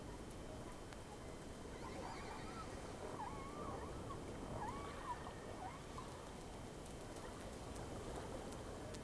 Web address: Sea Snake 10-3-06 Whales X 2 11-30 Round 1